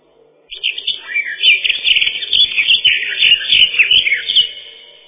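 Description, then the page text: Eurasian blackcap song: a rich, fast warble of varied notes, rising and falling in loudness for about four seconds. "Славка-черноголовка — Sylvia atricapilla"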